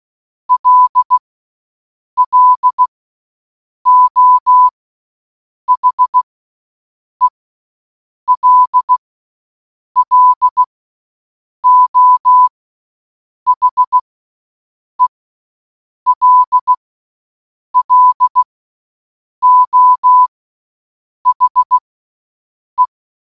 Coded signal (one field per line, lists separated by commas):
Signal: Morse code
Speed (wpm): 16 wpm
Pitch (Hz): 1000 Hz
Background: none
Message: LLO HELLO HELLO HE